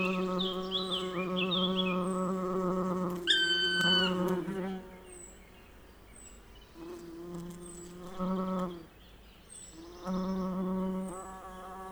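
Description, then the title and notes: Bumblebee passing, a low buzzy hum coming in several bursts, a loud falling bird call overlapping the first, and light birdsong in the background. Bumblebee passing by during a well-advanced morning chorus, 1 June 2020, Piste aux espagnols; recorded with Nagra LB and omni MKH 8020. "Piste aux espagnols. le passage d&#39;un bourdon"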